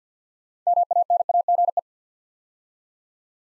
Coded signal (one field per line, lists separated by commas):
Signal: Morse code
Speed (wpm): 50 wpm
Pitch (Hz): 700 Hz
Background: none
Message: MANAGE